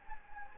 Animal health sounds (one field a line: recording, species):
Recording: mosquito wingbeat signal from an infrared sensor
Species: Anopheles gambiae